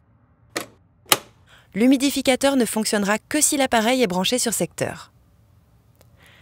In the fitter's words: Replacez délicatement le réservoir dans son emplacement et bien refermez le capot en entendant le clac.